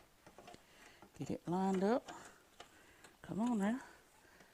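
A plastic side-mirror cover is lined up and pushed onto the mirror housing of a three-wheel motorcycle while someone talks, with a few faint ticks and taps of handling around 0.4, 0.5, 2.6 and 3.1 seconds. Nothing has seated or clicked yet.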